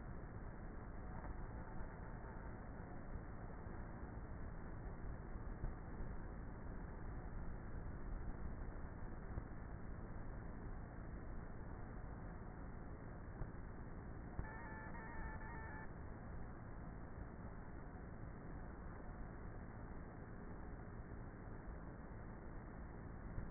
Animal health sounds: honeybee colony, microphone inside the hive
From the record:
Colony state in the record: queenless with a low population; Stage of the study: before two queens were removed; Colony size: about 30,000 bees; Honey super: no

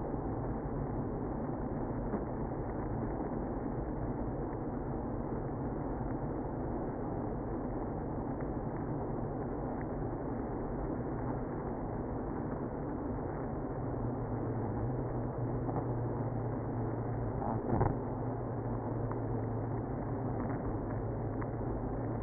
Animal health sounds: honeybee colony, microphone inside the hive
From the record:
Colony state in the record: queenless (queen removed); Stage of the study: after two queens were removed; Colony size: about 60,000 bees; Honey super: yes

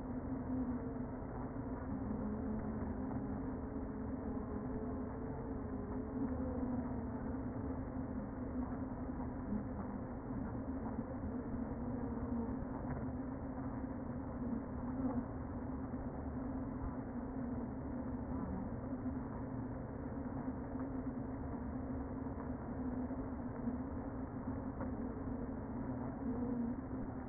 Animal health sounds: honeybee colony, microphone inside the hive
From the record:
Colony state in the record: queen present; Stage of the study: before two queens were removed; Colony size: about 60,000 bees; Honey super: yes

